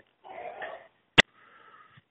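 A child's harsh, wheezy cough, heard from a distance: one bad, choking cough-like burst with a raspy whistling edge, followed by a sharp click and faint noisy breathing.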